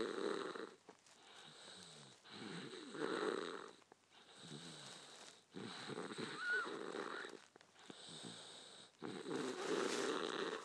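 Rough, fluttering breath noise comes in steady in-and-out cycles of one to two seconds each, about 20 breaths a minute, with a rattling low vibration on many breaths. This is snoring in a child.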